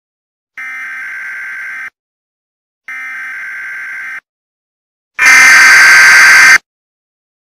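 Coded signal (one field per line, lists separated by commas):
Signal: Emergency Alert System (SAME) tones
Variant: header bursts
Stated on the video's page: Simulated EAS scenario, not a real alert.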